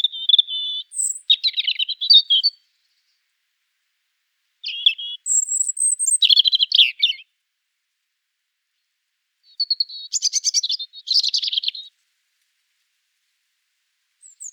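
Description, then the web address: European Robin delivering three separate phrases of high, tinkling, warbled notes and fast trills, each followed by a pause of a few seconds. "erithacus rubecula call"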